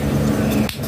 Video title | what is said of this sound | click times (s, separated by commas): PAANO MAG TEST NG RELY FOR NEWBE | Okay. Lock na siya. Nakalock na siya. | 0.7 s